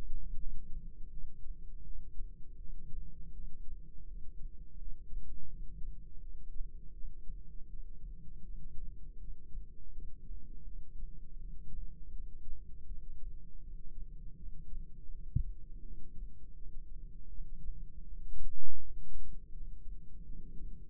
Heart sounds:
heart sounds by microphone in the right ear; 81 bpm
0.36 s: heartbeat
1.09 s: heartbeat
1.83 s: heartbeat
2.57 s: heartbeat
3.32 s: heartbeat
4.05 s: heartbeat
4.76 s: heartbeat
5.47 s: heartbeat
6.19 s: heartbeat
6.92 s: heartbeat
7.67 s: heartbeat
8.42 s: heartbeat
9.17 s: heartbeat
9.90 s: heartbeat
10.63 s: heartbeat
11.37 s: heartbeat
12.11 s: heartbeat
12.86 s: heartbeat
13.61 s: heartbeat
14.36 s: heartbeat
15.09 s: heartbeat
15.81 s: heartbeat
16.54 s: heartbeat
17.28 s: heartbeat
18.03 s: heartbeat
18.78 s: heartbeat
19.51 s: heartbeat
20.24 s: heartbeat
From the record:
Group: healthy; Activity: rest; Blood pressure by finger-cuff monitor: 158/108 mmHg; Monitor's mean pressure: 127 mmHg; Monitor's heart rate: 81 bpm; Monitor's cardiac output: 4.8 L/min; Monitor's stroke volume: 59 mL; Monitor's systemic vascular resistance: 1970 dyn s/cm5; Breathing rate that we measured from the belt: 12 breaths a minute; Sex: female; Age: 51 years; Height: 162 cm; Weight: 70.04 kg

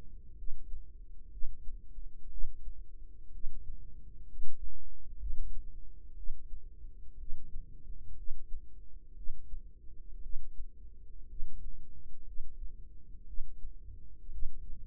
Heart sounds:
heart sounds by microphone in the right ear; 60 bpm
0.35 s: heartbeat
1.30 s: heartbeat
2.29 s: heartbeat
3.31 s: heartbeat
4.25 s: heartbeat
5.18 s: heartbeat
6.15 s: heartbeat
7.17 s: heartbeat
8.15 s: heartbeat
9.14 s: heartbeat
10.21 s: heartbeat
11.27 s: heartbeat
12.24 s: heartbeat
13.25 s: heartbeat
14.30 s: heartbeat
From the record:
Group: healthy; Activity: rest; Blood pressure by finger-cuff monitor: 100/61 mmHg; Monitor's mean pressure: 72 mmHg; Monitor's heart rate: 61 bpm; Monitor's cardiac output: 4.8 L/min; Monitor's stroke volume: 80 mL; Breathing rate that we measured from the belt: 16 breaths a minute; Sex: female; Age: 36 years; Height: 163 cm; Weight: 88 kg

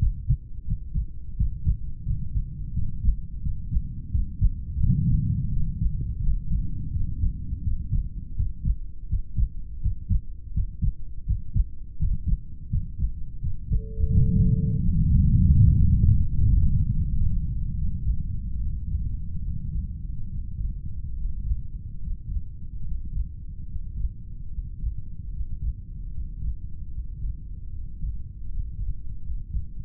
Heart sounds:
heart sounds by stethoscope; 80 bpm
0.65 s: heartbeat
1.36 s: heartbeat
2.04 s: heartbeat
2.73 s: heartbeat
3.41 s: heartbeat
4.10 s: heartbeat
4.79 s: heartbeat
5.50 s: heartbeat
6.19 s: heartbeat
6.90 s: heartbeat
7.62 s: heartbeat
8.35 s: heartbeat
9.07 s: heartbeat
9.80 s: heartbeat
10.52 s: heartbeat
11.25 s: heartbeat
11.97 s: heartbeat
12.69 s: heartbeat
13.40 s: heartbeat
14.10 s: heartbeat
14.80 s: heartbeat
15.48 s: heartbeat
16.16 s: heartbeat
16.87 s: heartbeat
17.76 s: heartbeat
18.60 s: heartbeat
19.44 s: heartbeat
20.29 s: heartbeat
21.15 s: heartbeat
22.00 s: heartbeat
22.84 s: heartbeat
23.68 s: heartbeat
24.50 s: heartbeat
25.32 s: heartbeat
26.12 s: heartbeat
26.92 s: heartbeat
27.71 s: heartbeat
28.53 s: heartbeat
29.22 s: heartbeat
From the record:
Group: heart failure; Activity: rest 0-20 s, Valsalva maneuver 20-30 s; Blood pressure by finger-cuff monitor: 63/39 mmHg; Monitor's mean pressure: 48 mmHg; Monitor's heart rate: 87 bpm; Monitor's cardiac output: 6.5 L/min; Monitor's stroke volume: 84 mL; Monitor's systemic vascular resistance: 440 dyn s/cm5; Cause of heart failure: idiopathic cardiomyopathy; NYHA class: 2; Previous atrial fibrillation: present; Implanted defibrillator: present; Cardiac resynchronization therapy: present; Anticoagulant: warfarin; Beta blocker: metoprolol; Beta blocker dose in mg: 50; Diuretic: furosemide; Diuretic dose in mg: 40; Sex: male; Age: 62 years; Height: 184 cm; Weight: 101 kg

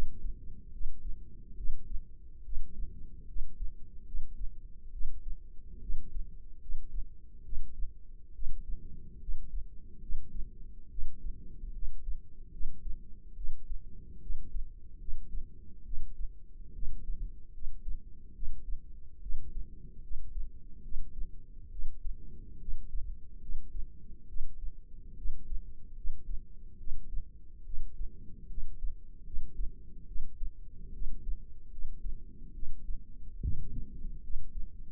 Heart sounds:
heart sounds by microphone in the left ear; 72 bpm
0.72 s: heartbeat
1.56 s: heartbeat
2.44 s: heartbeat
3.27 s: heartbeat
4.05 s: heartbeat
4.92 s: heartbeat
5.81 s: heartbeat
6.60 s: heartbeat
7.44 s: heartbeat
8.34 s: heartbeat
9.20 s: heartbeat
10.01 s: heartbeat
10.90 s: heartbeat
11.73 s: heartbeat
12.51 s: heartbeat
13.35 s: heartbeat
14.21 s: heartbeat
14.99 s: heartbeat
15.84 s: heartbeat
16.73 s: heartbeat
17.52 s: heartbeat
18.34 s: heartbeat
19.21 s: heartbeat
20.02 s: heartbeat
20.82 s: heartbeat
21.70 s: heartbeat
22.59 s: heartbeat
23.40 s: heartbeat
24.27 s: heartbeat
25.16 s: heartbeat
25.95 s: heartbeat
26.78 s: heartbeat
27.64 s: heartbeat
28.48 s: heartbeat
29.24 s: heartbeat
30.06 s: heartbeat
30.92 s: heartbeat
31.70 s: heartbeat
32.53 s: heartbeat
33.42 s: heartbeat
34.22 s: heartbeat
From the record:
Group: healthy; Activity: rest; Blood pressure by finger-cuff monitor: 151/85 mmHg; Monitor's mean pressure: 104 mmHg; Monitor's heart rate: 72 bpm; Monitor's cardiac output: 6.4 L/min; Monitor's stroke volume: 89 mL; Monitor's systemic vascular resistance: 1210 dyn s/cm5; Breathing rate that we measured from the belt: 22 breaths a minute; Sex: female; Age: 22 years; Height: 154 cm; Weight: 58.7 kg

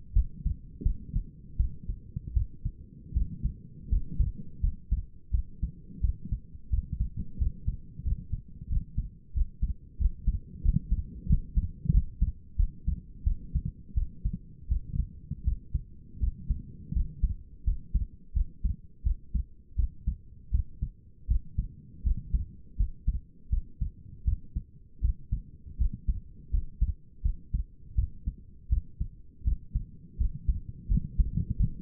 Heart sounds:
heart sounds by stethoscope; 84 bpm
0.14 s: heartbeat
0.84 s: heartbeat
1.57 s: heartbeat
2.34 s: heartbeat
3.14 s: heartbeat
3.89 s: heartbeat
4.61 s: heartbeat
5.32 s: heartbeat
6.01 s: heartbeat
6.70 s: heartbeat
7.39 s: heartbeat
8.04 s: heartbeat
8.69 s: heartbeat
9.34 s: heartbeat
9.99 s: heartbeat
10.63 s: heartbeat
11.27 s: heartbeat
11.92 s: heartbeat
12.57 s: heartbeat
13.24 s: heartbeat
13.95 s: heartbeat
14.69 s: heartbeat
15.44 s: heartbeat
16.20 s: heartbeat
16.93 s: heartbeat
17.64 s: heartbeat
18.34 s: heartbeat
19.04 s: heartbeat
19.76 s: heartbeat
20.51 s: heartbeat
21.28 s: heartbeat
22.03 s: heartbeat
22.77 s: heartbeat
23.50 s: heartbeat
24.25 s: heartbeat
25.01 s: heartbeat
25.78 s: heartbeat
26.51 s: heartbeat
27.22 s: heartbeat
27.95 s: heartbeat
28.69 s: heartbeat
29.44 s: heartbeat
30.18 s: heartbeat
30.88 s: heartbeat
31.57 s: heartbeat
From the record:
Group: healthy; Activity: cold pressor test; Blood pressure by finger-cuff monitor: 140/90 mmHg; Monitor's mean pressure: 105 mmHg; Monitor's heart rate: 82 bpm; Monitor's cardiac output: 5.9 L/min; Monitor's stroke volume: 70 mL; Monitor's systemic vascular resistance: 1340 dyn s/cm5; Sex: female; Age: 37 years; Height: 168 cm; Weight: 70 kg

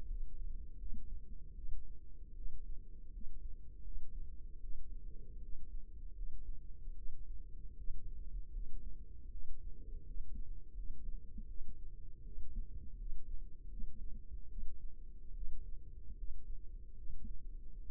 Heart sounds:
heart sounds by microphone in the left ear; 78 bpm
0.06 s: heartbeat
0.76 s: heartbeat
1.54 s: heartbeat
2.34 s: heartbeat
3.10 s: heartbeat
3.82 s: heartbeat
4.59 s: heartbeat
5.39 s: heartbeat
6.13 s: heartbeat
6.94 s: heartbeat
7.75 s: heartbeat
8.50 s: heartbeat
9.29 s: heartbeat
10.04 s: heartbeat
10.73 s: heartbeat
11.46 s: heartbeat
12.22 s: heartbeat
12.96 s: heartbeat
13.68 s: heartbeat
14.47 s: heartbeat
15.33 s: heartbeat
16.15 s: heartbeat
16.94 s: heartbeat
17.80 s: heartbeat
From the record:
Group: healthy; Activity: rest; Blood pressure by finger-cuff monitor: 92/60 mmHg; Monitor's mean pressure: 72 mmHg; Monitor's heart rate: 79 bpm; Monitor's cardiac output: 6.4 L/min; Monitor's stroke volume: 81 mL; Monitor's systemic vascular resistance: 820 dyn s/cm5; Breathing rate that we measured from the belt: 24 breaths a minute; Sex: female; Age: 22 years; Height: 163 cm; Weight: 67.1 kg

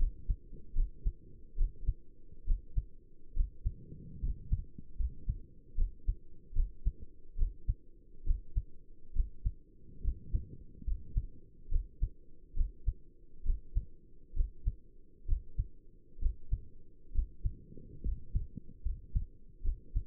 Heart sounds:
heart sounds by stethoscope; 70 bpm
0.76 s: heartbeat
1.58 s: heartbeat
2.47 s: heartbeat
3.36 s: heartbeat
4.22 s: heartbeat
4.98 s: heartbeat
5.77 s: heartbeat
6.55 s: heartbeat
7.38 s: heartbeat
8.26 s: heartbeat
9.15 s: heartbeat
10.04 s: heartbeat
10.86 s: heartbeat
11.71 s: heartbeat
12.56 s: heartbeat
13.45 s: heartbeat
14.36 s: heartbeat
15.28 s: heartbeat
16.21 s: heartbeat
17.14 s: heartbeat
18.04 s: heartbeat
18.85 s: heartbeat
19.64 s: heartbeat
From the record:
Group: healthy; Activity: rest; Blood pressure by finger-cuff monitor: 96/63 mmHg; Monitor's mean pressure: 75 mmHg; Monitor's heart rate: 70 bpm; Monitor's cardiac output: 6 L/min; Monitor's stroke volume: 89 mL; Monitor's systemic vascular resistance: 900 dyn s/cm5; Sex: male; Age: 22 years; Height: 181 cm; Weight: 79 kg

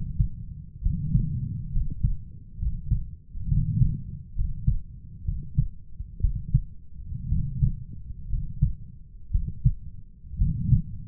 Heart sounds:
heart sounds by stethoscope; 63 bpm
0.81 s: heartbeat
1.72 s: heartbeat
2.58 s: heartbeat
3.47 s: heartbeat
4.35 s: heartbeat
5.24 s: heartbeat
6.20 s: heartbeat
7.28 s: heartbeat
8.29 s: heartbeat
9.31 s: heartbeat
10.37 s: heartbeat
From the record:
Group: healthy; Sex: male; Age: 23 years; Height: 178 cm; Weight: 96.6 kg

